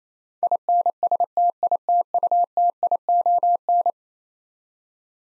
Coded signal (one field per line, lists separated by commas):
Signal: Morse code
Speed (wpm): 28 wpm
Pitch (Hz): 700 Hz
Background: none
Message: INSTITUTION